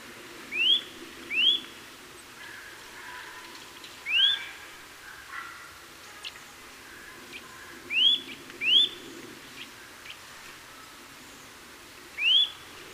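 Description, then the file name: Eurasian nuthatch giving loud rising whistled calls, singly or in quick pairs, repeated at irregular intervals over a soft hiss. "Sitta europaea"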